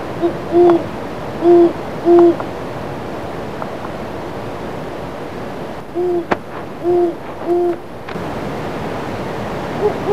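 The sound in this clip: Great horned owl calling in two bursts of three deep, muffled hoots, with a fainter hoot near the end and light background hiss throughout.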